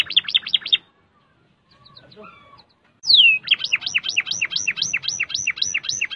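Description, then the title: Canary song: a quick trill of whistled notes, a pause with faint twittering, then a loud downslurred whistle and another fast, even trill of looping notes. "Kenari"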